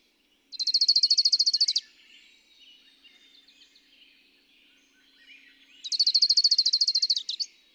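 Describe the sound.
Bird song: a rapid, rattling trill of evenly repeated high notes, lasting about a second, heard twice about five seconds apart, with faint twittering of other birds between.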